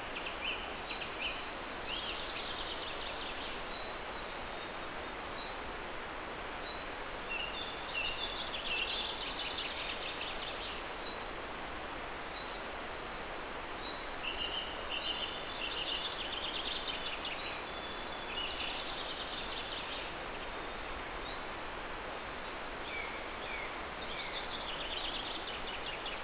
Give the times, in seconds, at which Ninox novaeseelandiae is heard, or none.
none